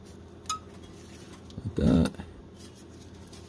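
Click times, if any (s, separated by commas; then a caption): 0.5 s. The plastic wiring connector of a Ford Fiesta's downstream oxygen sensor is pushed back into its mating harness plug under the car during a P0054 sensor replacement. A sharp click at 0.5 s marks the connector seating, followed by faint handling noise. Someone talks briefly around 1.8 to 2.1 s.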